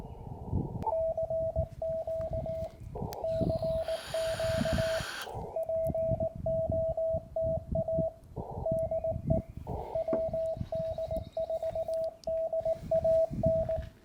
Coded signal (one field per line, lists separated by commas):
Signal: Morse code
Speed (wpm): 18 wpm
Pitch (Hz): 660 Hz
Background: radio noise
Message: CQ CQ POTA DE WD4DAN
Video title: Georgia State Parks on the Air #POTA event 2024 from US-2195 (Day 2 - WInning Score)